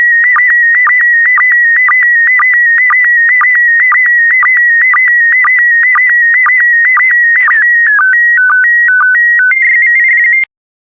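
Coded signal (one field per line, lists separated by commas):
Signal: SSTV (slow-scan television)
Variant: PD120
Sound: warbling tone around 2 kHz with regular short low blips twice a second, then stepped tones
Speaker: complete you can now check your decoded image against the picture that is shown on the video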